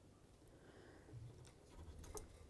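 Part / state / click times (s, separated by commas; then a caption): wiring connector onto engine sensor / not seated / none. A wiring connector with a red locking tab is handled at a sensor on the water pump area of a 2009-2018 Ram 1500 engine, just before being pressed on. Only quiet handling noise is heard, with a few faint brief ticks and a slightly sharper one near 2.2 s. Nothing has seated or clicked yet.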